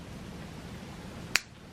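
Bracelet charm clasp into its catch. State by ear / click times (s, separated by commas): seated / 1.4 s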